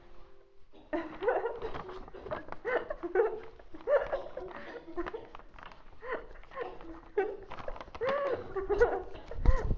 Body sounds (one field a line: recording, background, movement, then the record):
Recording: laughter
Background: a bystander coughing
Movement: walking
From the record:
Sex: female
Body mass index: 18.8 kg/m2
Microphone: on the chest, facing outward